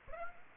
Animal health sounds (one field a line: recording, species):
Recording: mosquito wingbeat signal from an infrared sensor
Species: Aedes aegypti